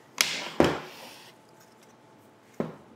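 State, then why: Seated. A Midwest Industries MI STAP SF side-folding stock is swung back out to the extended position, and its metal hinge locks into place with a sharp, loud click at 0.2 s. A heavier, lower knock follows at 0.6 s, and a fainter knock comes at 2.6 s. The stock is seated and locked open.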